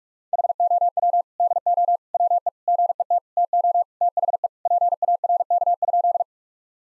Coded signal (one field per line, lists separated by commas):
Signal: Morse code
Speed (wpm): 43 wpm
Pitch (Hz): 700 Hz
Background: none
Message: HOW DO WE GET TO THE PARK?